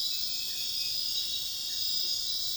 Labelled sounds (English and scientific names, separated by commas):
none